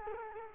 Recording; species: mosquito wingbeat signal from an infrared sensor; Culex quinquefasciatus